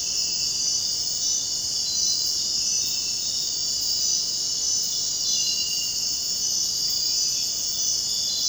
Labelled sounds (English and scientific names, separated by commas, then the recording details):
none
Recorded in dense forest near Puerto Asís, Putumayo, Colombia, on 24 June 2025 at 03:30
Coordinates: 0.499, -76.324
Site G100